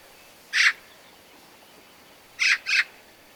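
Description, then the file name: Eurasian magpie: one harsh rasping chack, then about two seconds later a quick double chack, over quiet background hiss. "Pica pica"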